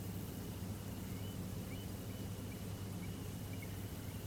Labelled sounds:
Eurasian Stone-curlew (Burhinus oedicnemus)

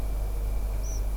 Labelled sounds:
Tree Pipit (Anthus trivialis)

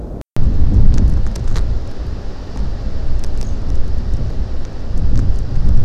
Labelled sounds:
unidentified sound, European Pied Flycatcher (Ficedula hypoleuca)

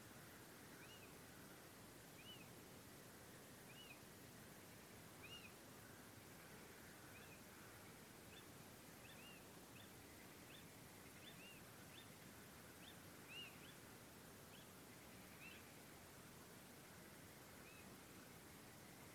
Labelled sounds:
Little Owl (Athene noctua)

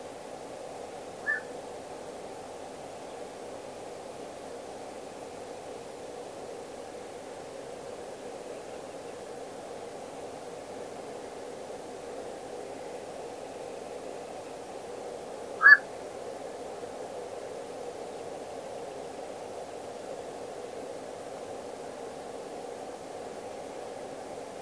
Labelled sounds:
Black-crowned Night-Heron (Nycticorax nycticorax)

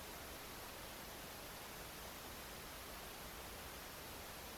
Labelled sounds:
none

